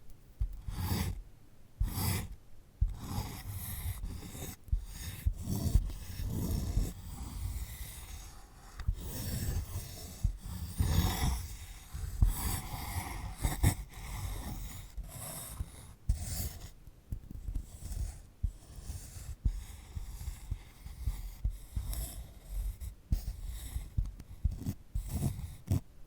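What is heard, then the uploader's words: Scratching and rustling on a sunflower head, with dry crackly strokes arriving in uneven bursts for the whole stretch. Sharp clicks and soft low thumps punctuate the texture every second or so, and no steady tone sits underneath. ASMR of a Sunflower Head (No Talking).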